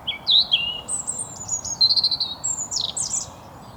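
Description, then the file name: European robin song, a varied high phrase of sliding whistles, a rapid trill and liquid twittering notes, ending in a sharp flourish. "Erithacus rubecula"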